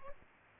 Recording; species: mosquito wingbeat signal from an infrared sensor; Aedes albopictus